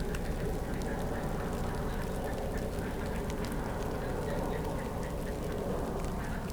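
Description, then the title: Frogs calling together, a thick mass of repeated quacking croaks with no pause, set against a constant low-pitched background rumble. Frogs in Chindrieux, France, woken into calling by a passing helicopter. "Chindrieux, France - grenouilles"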